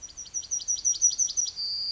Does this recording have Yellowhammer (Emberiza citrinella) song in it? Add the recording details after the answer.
yes. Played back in forest. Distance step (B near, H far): D. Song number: 144